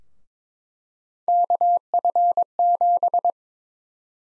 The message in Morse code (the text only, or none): KF7